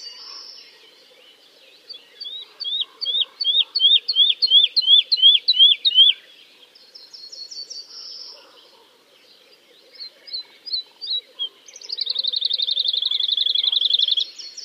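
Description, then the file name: Woodlark with rhythmic, swooping falling notes, a brief buzzy trill, scattered soft notes, then a fast, sustained trilled run. "kicau master woodlark omkicau"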